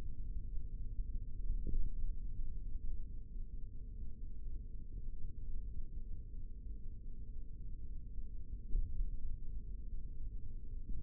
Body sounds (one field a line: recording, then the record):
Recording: forearm muscle sounds (acoustic myography)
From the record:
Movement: index flexion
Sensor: system 3, bracelet of six PUI Audio POM-2738L microphones around the upper forearm, with dedicated amplification and filtering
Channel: 3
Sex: male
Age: 25 years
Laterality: right